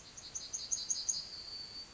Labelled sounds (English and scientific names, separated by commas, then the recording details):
Yellowhammer (Emberiza citrinella) song
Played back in forest
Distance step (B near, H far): E
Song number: 136